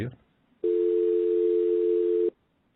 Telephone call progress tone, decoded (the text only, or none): dial tone